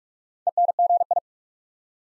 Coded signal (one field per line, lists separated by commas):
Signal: Morse code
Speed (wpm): 44 wpm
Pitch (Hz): 700 Hz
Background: none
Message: ENGI